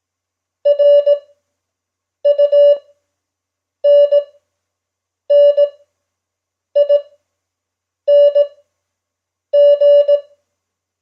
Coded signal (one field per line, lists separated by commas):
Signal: Morse code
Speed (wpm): 18 wpm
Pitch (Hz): 580 Hz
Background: none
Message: RUNNING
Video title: Simulated Morse Code proficiency exam @5wpm